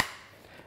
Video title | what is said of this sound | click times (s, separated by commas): Aqua Lung Outlaw Trim Weight Pockets - www.simplyscuba.com | of there locate them in push it down until it clicks and that's | 0.0 s